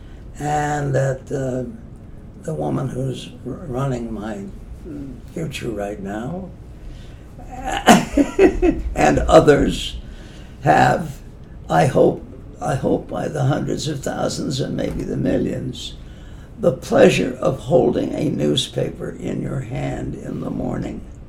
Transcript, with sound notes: and that the woman who’s running my future right now, [laughs] and others have, I hope, I hope by the hundreds and thousands and maybe the millions the pleasure of holding a newspaper in your hand in the morning